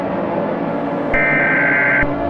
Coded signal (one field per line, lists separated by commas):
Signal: Emergency Alert System (SAME) tones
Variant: header bursts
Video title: Preview Of An EAS Scenario 2 (1/16/3071, 7:54 PM)